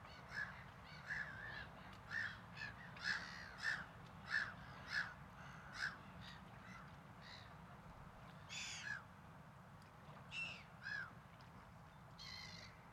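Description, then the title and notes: Gull calls, a run of short squawks, then a few longer cries, over low rumbling noise. At a waterfront on a Saturday. "Seagulls. You went to the waterfront to meditate on Saturday"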